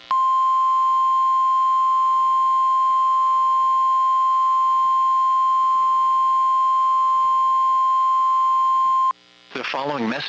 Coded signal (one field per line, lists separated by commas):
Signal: Emergency Alert System (SAME) tones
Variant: 1050 Hz attention tone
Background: speech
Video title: EAS Child Abduction Emergency (AMBER Alert) Memphis, Tennessee Statewide Alert